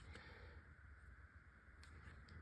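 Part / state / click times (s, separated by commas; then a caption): safety selector detent in a less-lethal launcher frame / not seated / none. The reassembled safety selector and its detent in the frame of a Byrna SD less-lethal launcher are handled to check that the safety works after reassembly. Low, steady background hum is heard with two brief faint handling ticks. Nothing has seated or clicked into position yet.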